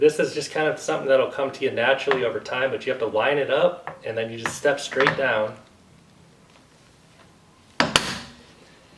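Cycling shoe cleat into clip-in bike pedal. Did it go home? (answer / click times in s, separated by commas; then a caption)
yes / 7.8 s, 8.0 s. Someone talks for about five and a half seconds, then after a quiet pause a cycling shoe's metal cleat, lined up on the clip-in pedal of an indoor bike and stepped straight down on, snaps into the pedal's spring binding. Two sharp clicks land at 7.8 and 8.0 seconds, and the cleat is seated and clipped in.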